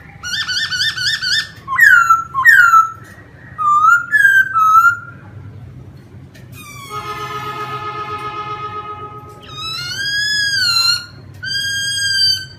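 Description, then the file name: Laughingthrush whistling clear slurred notes and repeated phrases over a steady low hum, with a sustained harmonic tone in the middle. Song in the 'wild voice' (giọng rừng) style. "Tieng khuou hot giong rung"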